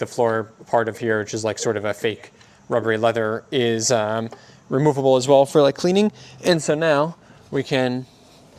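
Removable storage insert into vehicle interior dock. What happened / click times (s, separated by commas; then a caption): The insert is being handled but has not yet locked into its bay / none. Someone talks while handling the removable storage insert of a Rivian R1S, whose floor is a rubbery, fake leather-like material that comes out for cleaning and docks into its bay in the vehicle interior. Only speech is heard in the clip, with no clicks or impacts. The insert has not yet been docked, and nothing has seated or clicked.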